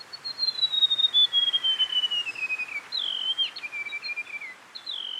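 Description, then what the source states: White-throated gerygone song: a high, thin whistled phrase slowly descending in pitch, with small wavering notes, followed by further sweet falling whistles. Reference recording played for comparison; sounds similar to the black kite.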